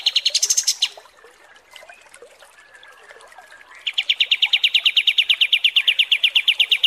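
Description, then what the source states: Striated Grassbird (kapas tembak) song: a brief burst of fast high notes, a quiet pause, then a long run of rapid, evenly spaced chattering notes. Masteran tutoring recording of kapas tembak song.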